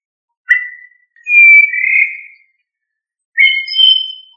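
Thrush song of clear whistled notes: a short note, then a longer slurred phrase, a pause, then another layered whistled phrase; no other sounds.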